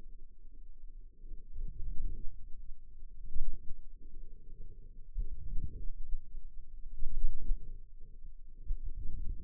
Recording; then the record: forearm muscle sounds (acoustic myography)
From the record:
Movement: outward rotation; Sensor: system 2, bracelet of six BSWA MPA416 microphones around the upper forearm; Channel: 5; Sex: male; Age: 22 years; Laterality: right